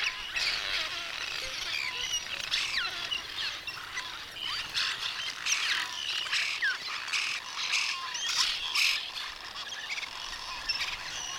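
Bird chorus with steady overlapping chirps, whistles and squawky notes, a few clearer whistled calls standing out in the later part.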